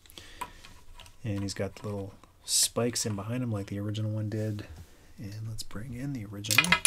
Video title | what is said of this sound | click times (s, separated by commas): Transformers Dinobot Combiner VOLCANICUS (2020) | looks like these arms actually need to go up like that and they click into place | 0.4 s